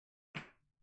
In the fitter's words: It's got a nice little click to it when it catches in.